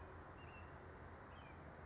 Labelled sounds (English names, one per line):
California Towhee